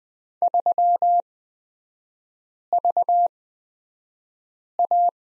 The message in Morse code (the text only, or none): 3VA